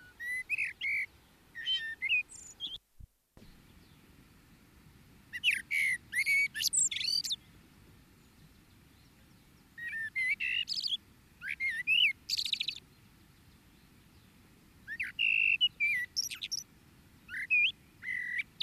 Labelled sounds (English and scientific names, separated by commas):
Common Blackbird (Turdus merula) song